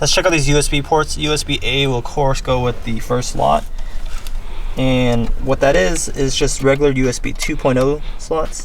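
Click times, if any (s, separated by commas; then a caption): none. Someone talks while handling the USB plug on an ATOTO Android head unit harness, which is meant to be pushed into the head unit's USB port. Nothing has seated or clicked yet.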